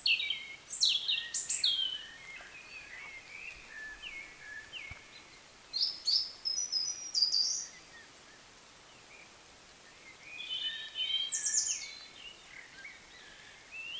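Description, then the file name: European robin song, a string of varied, thin high phrases mixing sliding whistles and tinkling trills, broken by short silences. "Erithacus rubecula"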